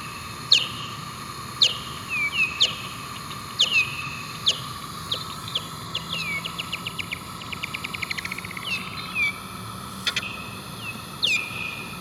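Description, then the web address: Bat calls: scattered downward-sweeping chirps that speed into a dense run of rapid pulses, then slow again to a few hooked sweeps, over a constant hum. "wilkinson SFT Bat"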